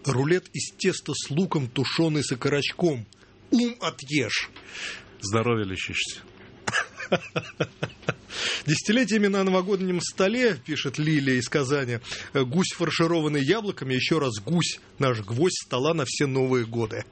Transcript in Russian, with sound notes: «Рулет из теста с луком, тушёным с окорочком, ум отъешь!».
Здоровья лишишься. (смеётся)
«Десятилетиями на новогоднем столе, - пишет Лиля из Казани, - гусь, фаршированный яблоками, и ещё раз – гусь – наш гвоздь стола на все новые годы».